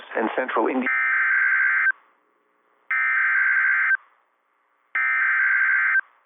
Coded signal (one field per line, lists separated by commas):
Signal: Emergency Alert System (SAME) tones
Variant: header bursts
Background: speech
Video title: IND's Mid-March SVR's - EAS Alerts from 3/22/26 (EAS #726 - #736)